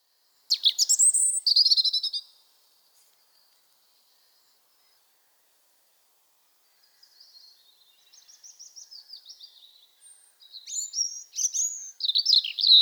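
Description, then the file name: European robin song: a loud, shimmering burst, then a long pause, then a softer rippling phrase that swells into loud, high, twittering notes at the end. "Erithacus rubecula"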